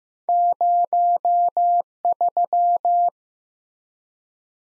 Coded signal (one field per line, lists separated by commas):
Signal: Morse code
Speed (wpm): 15 wpm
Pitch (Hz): 700 Hz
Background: none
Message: 03